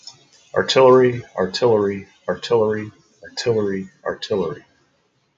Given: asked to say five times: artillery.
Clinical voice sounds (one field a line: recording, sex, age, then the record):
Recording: repeated word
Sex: male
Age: 30 to 39 years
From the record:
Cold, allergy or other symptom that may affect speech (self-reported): no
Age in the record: 35 years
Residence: Ohio, United States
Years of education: 16